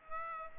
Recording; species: mosquito wingbeat signal from an infrared sensor; Aedes aegypti